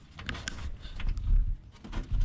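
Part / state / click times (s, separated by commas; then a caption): nut plate clip into door panel slot / not seated / none. A metal nut plate clip is handled at the door panel slot of a 1973 VW Bus during restoration, to be slid through with the embossment inside and the flat side out. Short metallic ticks and light scraping are heard, sharpest near 0.3 s and 0.5 s, with low rumble underneath. Nothing has seated or clicked into place yet.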